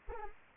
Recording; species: mosquito wingbeat signal from an infrared sensor; Anopheles arabiensis